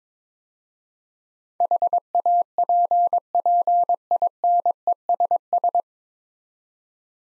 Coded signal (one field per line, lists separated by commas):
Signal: Morse code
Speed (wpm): 22 wpm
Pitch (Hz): 700 Hz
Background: none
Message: HAPPINESS